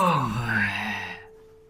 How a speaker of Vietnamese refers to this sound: Ma khí nhu động, tiếng gầm thét đầy oán độc vang lên.